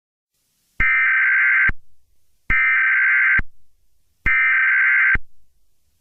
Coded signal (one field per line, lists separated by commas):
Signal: Emergency Alert System (SAME) tones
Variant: header bursts